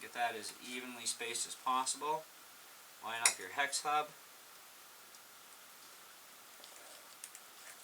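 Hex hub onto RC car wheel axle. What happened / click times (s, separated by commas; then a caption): The hub is being lined up but has not snapped home yet / none. A plastic or metal hex hub is lined up with an RC car wheel axle by hand, ready to be pressed on. Someone talks for the first four seconds, then there is quiet handling with a few faint light ticks near the end. Nothing has seated or clicked yet.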